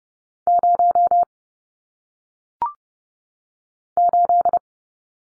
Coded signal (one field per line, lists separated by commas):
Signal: Morse code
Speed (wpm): 30 wpm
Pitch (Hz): 700 Hz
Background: none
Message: 0 8